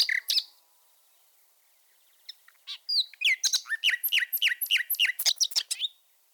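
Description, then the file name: Common nightingale song: a few sharp opening notes, a pause, then a fast run of repeated chirping notes, ending abruptly. "fulemule"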